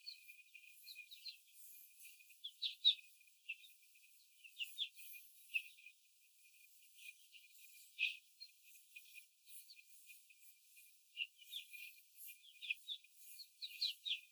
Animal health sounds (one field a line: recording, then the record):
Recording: young laying hens in a cage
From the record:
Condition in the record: after the stressor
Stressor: simulated dog barking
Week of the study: 4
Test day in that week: 1